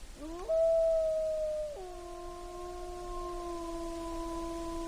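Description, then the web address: Mammal: a howl rising sharply at the start, holding a clear tone, then dropping to a lower steady note that continues to the end. Pair, Alaska, 1 April 2016, about 01:07. "alaska acoustic highlights. MAMMALS"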